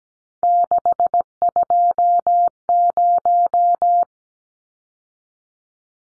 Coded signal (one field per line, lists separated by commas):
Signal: Morse code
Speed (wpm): 17 wpm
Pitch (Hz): 700 Hz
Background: none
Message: 620